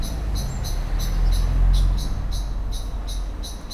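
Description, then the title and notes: Common blackbird giving a rapid series of sharp chinking notes over a low rumble that swells and fades. Excited scolding while flying from tree to tree; Lütticher Straße, Cologne; morning. "cologne, lütticherstrasse, amsel. amsel aufgeregt schimpfend fliegt von baum zu baum, im hintergrund fahrradfahrer und fussgänger auf dem bürgersteig, morgens. soundmap nrw"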